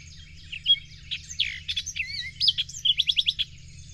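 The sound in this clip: Bird song: a rapid, varied run of high chirps, slurred whistles and quick trills, ending in a fast series of sharp notes, over a steady low hum.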